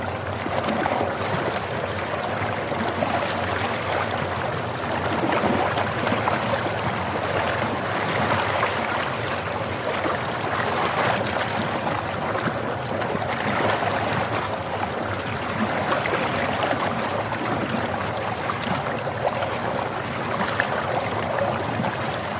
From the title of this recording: Soothing River Sounds